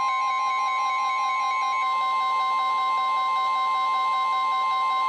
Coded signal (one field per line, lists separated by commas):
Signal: Emergency Alert System (SAME) tones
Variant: 1050 Hz attention tone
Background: music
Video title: EAS #1006-#1013: Winter Storms, Flooding, and Testing | KHB36